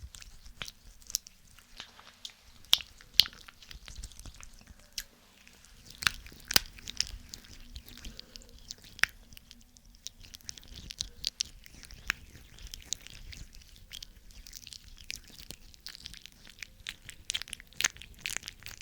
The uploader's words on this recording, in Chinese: 梵天掏耳和按摩。3D按摩与掏耳一起来。